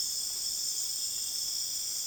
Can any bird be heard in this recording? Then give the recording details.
no. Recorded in dense forest near Puerto Asís, Putumayo, Colombia, on 25 June 2025 at 23:00. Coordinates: 0.484, -76.325. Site H65